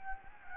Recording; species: mosquito wingbeat signal from an infrared sensor; Anopheles gambiae